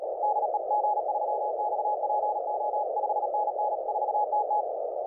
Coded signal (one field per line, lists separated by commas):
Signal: Morse code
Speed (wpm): 37 wpm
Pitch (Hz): 840 Hz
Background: none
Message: DE G3XPO 5NN 4TT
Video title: dx calls practice